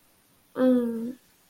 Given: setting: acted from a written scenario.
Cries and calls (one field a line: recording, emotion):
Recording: vocal sound without words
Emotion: desire